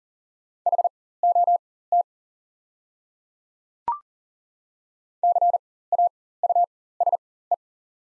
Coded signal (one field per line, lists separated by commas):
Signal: Morse code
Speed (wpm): 40 wpm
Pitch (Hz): 700 Hz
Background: none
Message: HOT CAUSE